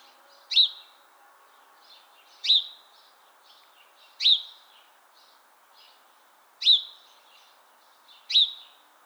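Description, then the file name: House sparrow chirping: five short, sharp, high chirps at uneven gaps of about two seconds, with faint softer notes between them. "Passer domesticus"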